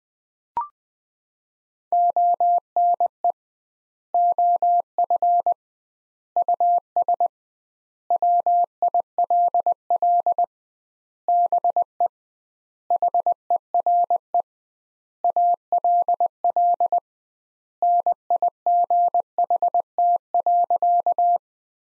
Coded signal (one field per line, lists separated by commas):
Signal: Morse code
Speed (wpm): 21 wpm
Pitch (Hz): 700 Hz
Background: none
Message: ONE OF US WILL BE HERE ALL NIGHT.